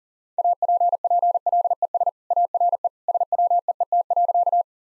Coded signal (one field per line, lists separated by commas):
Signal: Morse code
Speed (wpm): 40 wpm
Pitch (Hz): 700 Hz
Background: none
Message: APPLES ARE SWEET.